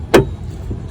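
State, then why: Seated. A new LED bulb and its socket are pushed back into the headlight housing of a 2016 Chevy Malibu during a headlight replacement. A single sharp hit at 0.1 s marks the socket seating, followed by a low steady background hum. The socket is seated, though the final clockwise locking turn may come after this moment.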